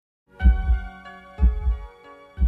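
Heartbeat: two low thumping beats about a second apart over a steady tonal hum.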